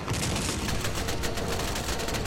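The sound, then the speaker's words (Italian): A tank fires one of its cannons on command, booming amid a dense, unbroken barrage of gunfire, loud and constant, with rapid sharp cracks crowding together over a heavy rumbling roar. No voices. “Detti l'ordine di aprire il fuoco con uno dei cannoni.”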